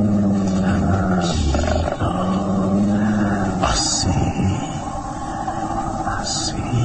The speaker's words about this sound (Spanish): El mastín deja de gruñir y retrocede impresionado por las palabras y actitud de Calimán.